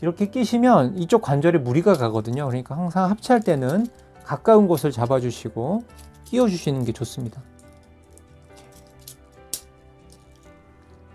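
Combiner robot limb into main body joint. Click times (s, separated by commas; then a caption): 9.5 s. Someone talks over a small plastic and die-cast Transformers Devastator combiner figure while a limb is pushed into its joint on the main body, gripped close to the joint so the joint isn't strained. After the talking stops, faint handling ticks lead to a sharp snap at 9.5 s as the limb seats firmly in the joint.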